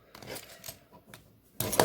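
Someone unattaches the plastic arm of a Transformers Cyberverse Bumblebee Adventures Deluxe Class Hot Rod transforming robot toy from its body peg, with a few faint plastic taps around 0.2 s and 1.1 s. A sharp pop at 1.6 s marks the arm coming free, followed by louder plastic handling to the end. The arm is released from its connection.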